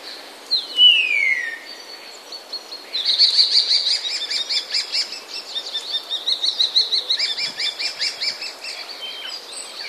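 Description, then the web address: Common Starling song: a long slurred descending whistle, then a rapid buzzy, rattling chatter of repeated clicks and whistled notes that carries on for several seconds. "wroblowe ptaki sturnus vulgaris. wroblowe ptaki szpak"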